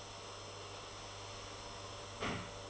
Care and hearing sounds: daily activity, microphone in the room; vacuum cleaning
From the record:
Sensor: 4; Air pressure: 1008.5 hPa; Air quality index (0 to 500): 62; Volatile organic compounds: 1 ppm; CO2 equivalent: 598 ppm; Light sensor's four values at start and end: 14/32/13/12 and 14/32/13/12

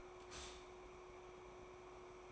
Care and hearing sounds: daily activity, microphone in the room; stop toaster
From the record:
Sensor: 1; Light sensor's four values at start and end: 5/13/4/5 and 5/13/4/5

